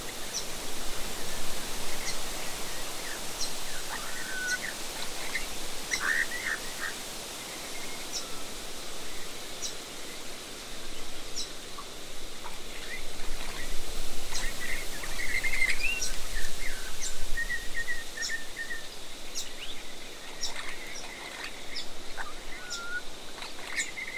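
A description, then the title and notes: A river red gum forest in the outback, with a steady wash of bright background hiss from insects and air running throughout. Scattered bird calls break through, short chirps and whistles arriving every second or two, with a few clearer whistled notes around the middle. River Red Gum Forest In The Outback. An oasis in the desert, near White Cliffs.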